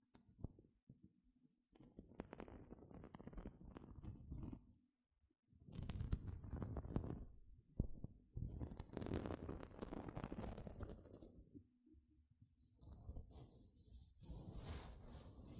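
Gentle scratching comes in long rough stretches, dense and crackly with a soft low rumble underneath. The sound drops out briefly around the fifth and twelfth seconds, then resumes, ending in a brighter, hissing scrape.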